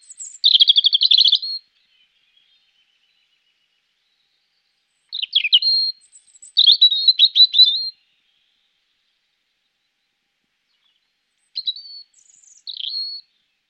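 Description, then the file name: European robin song in short high phrases of rapid twittering and thin whistles, separated by long silent pauses. "rouge gorge"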